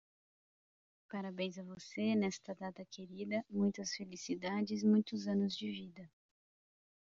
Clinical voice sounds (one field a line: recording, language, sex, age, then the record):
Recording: short text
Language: Brazilian Portuguese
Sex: female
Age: 20 to 29 years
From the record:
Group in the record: control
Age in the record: 29 years